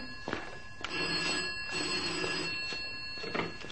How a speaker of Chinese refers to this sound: 电话啊，去听啦。